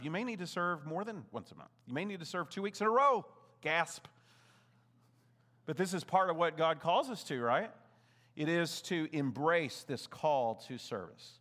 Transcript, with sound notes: You may need to serve more than once a month. You may need to serve two weeks in a row! (gasp) But this is part of what God calls us to, right? It is to embrace this call to service.